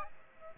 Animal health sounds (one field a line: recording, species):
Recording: mosquito wingbeat signal from an infrared sensor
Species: Aedes aegypti